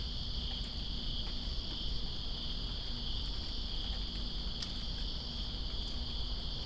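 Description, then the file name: Cricket chorus, a continuous high-pitched shimmer without pauses, layered over steady rain noise and scattered droplet taps. Greensboro, September 2, 2017, in rain. "Greensboro Crickets And Rain September 02 2017"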